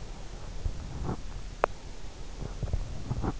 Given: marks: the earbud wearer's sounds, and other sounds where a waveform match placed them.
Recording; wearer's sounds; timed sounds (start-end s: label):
sounds in sleep by an in-ear microphone; breath
0.04-2.89 s: breath